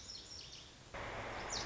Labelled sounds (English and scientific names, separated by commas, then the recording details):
Lazuli Bunting (Passerina amoena)
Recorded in Sonoma County, California